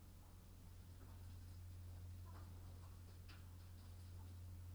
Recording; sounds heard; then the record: poultry house recording; sick chickens (respiratory disease)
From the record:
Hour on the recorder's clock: 22